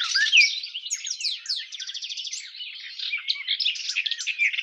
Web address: щегол